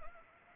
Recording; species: mosquito wingbeat signal from an infrared sensor; Anopheles arabiensis